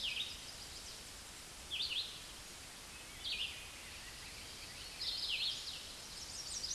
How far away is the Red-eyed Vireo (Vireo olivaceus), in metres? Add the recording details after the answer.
about 30 m. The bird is about 25 m above the microphone. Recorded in a Pennsylvania forest on 16 May 2024 at 08:36. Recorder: AudioMoth, point MSD-2201. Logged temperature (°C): 15.5 °C. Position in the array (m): 167 m, 71 m